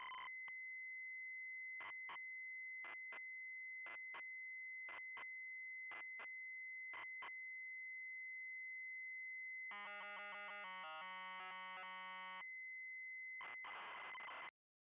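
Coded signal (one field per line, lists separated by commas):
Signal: ZX Spectrum tape loading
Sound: steady high tone broken by short clicks, then buzzy harmonic tones, then harsh data hiss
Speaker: we will load tape copy of 4.2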